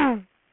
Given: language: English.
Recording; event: throat vibration sensor signal played as sound; throat clearing